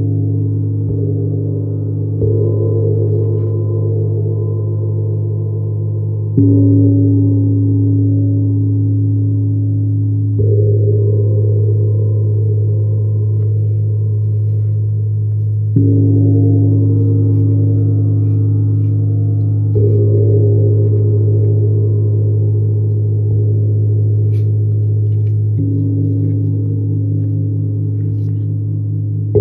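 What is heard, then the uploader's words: A large gong rings with deep, humming tones that swell and sustain, struck again roughly every four to five seconds, at about 2, 6, 10, 16, 20 and 25 seconds. Each new strike adds a brighter shimmer above the low drone, which never fully fades between hits. Deep Healing Sounds from Neptune Gong. The Neptune Gong produces resonant and soothing tones.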